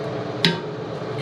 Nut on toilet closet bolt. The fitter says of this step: can hear that click